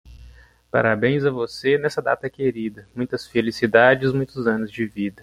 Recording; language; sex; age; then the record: short text; Brazilian Portuguese; male; 20 to 29 years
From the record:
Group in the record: control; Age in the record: 29 years